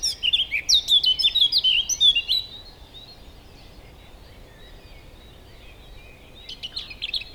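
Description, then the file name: Eurasian blackcap, a fast scratchy-to-fluted warble of about two seconds, silence, then the start of another phrase at the close. "Sylvia atricapilla"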